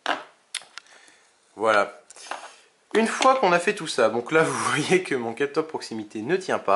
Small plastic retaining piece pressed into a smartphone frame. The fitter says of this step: normalement ça devrait s'enclencher centraux trop de problèmes voilà